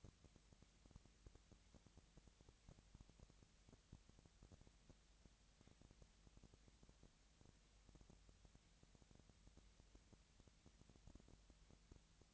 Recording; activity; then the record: daily activity, microphone in the room; no activity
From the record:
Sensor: 3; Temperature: 20.6 degrees Celsius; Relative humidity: 35.7%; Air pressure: 998.8 hPa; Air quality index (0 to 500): 236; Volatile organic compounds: 72 ppm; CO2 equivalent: 3534 ppm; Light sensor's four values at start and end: 2/3/2/2 and 2/3/2/2